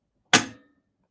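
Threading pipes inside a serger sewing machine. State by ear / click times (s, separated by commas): seated / 0.3 s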